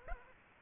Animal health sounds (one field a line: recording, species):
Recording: mosquito wingbeat signal from an infrared sensor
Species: Aedes aegypti